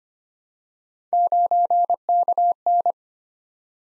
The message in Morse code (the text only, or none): 9KN